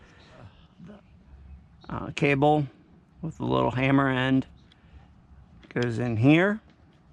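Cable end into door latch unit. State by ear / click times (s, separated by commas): not seated / none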